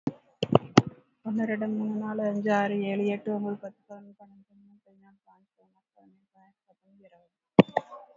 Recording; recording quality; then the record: counting at a fast pace; excellent, no background noise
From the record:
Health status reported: COVID-19 positive, moderate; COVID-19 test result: positive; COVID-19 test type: RT-PCR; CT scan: not taken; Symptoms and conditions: cough, cold, fever, loss of smell and taste, diabetes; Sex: female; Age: 54 years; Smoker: no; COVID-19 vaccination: one dose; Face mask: worn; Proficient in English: yes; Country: India